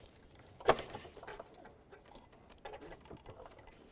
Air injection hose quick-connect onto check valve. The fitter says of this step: Go ahead and slide that right in, listen for a click.